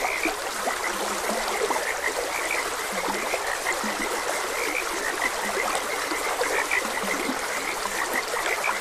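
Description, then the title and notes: Frogs calling, short high croaks overlapping alongside frequent low drawn croaks, above a continuous trickling stream. Frogs croaking beside a gentle stream. "Frogs Croaking. Sleep and Relaxation Podcast"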